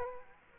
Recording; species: mosquito wingbeat signal from an infrared sensor; Aedes aegypti